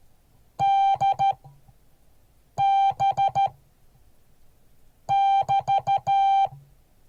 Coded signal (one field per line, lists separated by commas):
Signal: Morse code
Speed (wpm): 13 wpm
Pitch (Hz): 790 Hz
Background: music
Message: DB <BT>